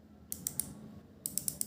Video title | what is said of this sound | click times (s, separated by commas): How To Use Micrometer -- Micrometer Kaise Dekhte Hain -- How To Read Micrometer | move ratchet till one or two click sound is hurt now | 0.5 s, 0.6 s, 1.3 s, 1.4 s, 1.5 s, 1.6 s